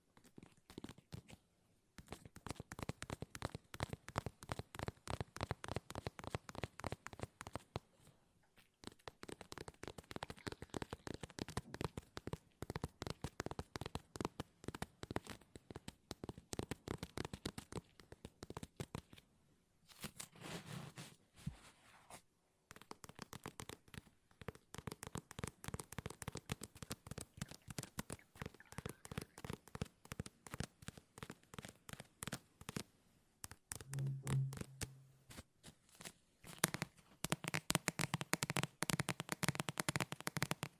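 Fast tapping with no talking, a dense run of sharp, crisp clicks that spread from low to bright. The taps come in bursts, rapid and fairly even, broken by short pauses near 2, 8, 19 and 22 seconds. A brief low tone sounds around 34 seconds.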